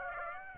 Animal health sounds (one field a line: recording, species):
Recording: mosquito wingbeat signal from an infrared sensor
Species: Aedes aegypti